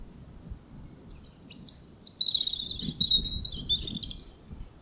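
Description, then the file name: European robin uttering a long, thin, sustained high warble that wavers and leaps upward at the end, with soft low rustling beneath. "Erithacus rubecula"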